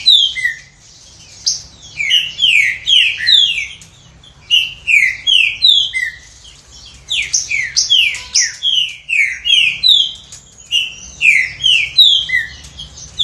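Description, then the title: Green-winged Saltator delivering long phrases of clear whistled notes, repeated in several bouts with brief gaps between them. "Trinca Ferro"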